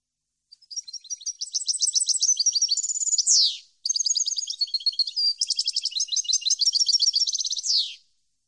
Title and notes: Cd Jilguero. Cd de canto de jilguero limpio para copia